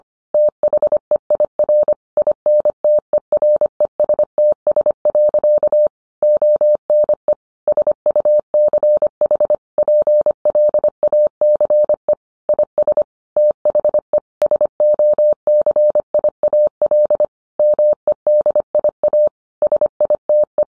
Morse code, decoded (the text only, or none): THEIR INTERESTS. ONE SUCH PLACE IS THE SOCIAL MEDIA SITE